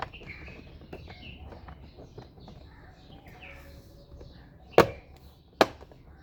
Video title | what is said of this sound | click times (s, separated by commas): How to remove steering column cover shroud in Kia Sportage | Line up the clips and press down evenly until all the clips snap into place. | 4.8 s, 5.6 s